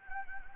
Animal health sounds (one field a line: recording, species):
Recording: mosquito wingbeat signal from an infrared sensor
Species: Anopheles gambiae